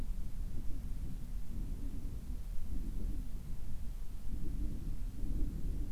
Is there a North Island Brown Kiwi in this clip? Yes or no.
no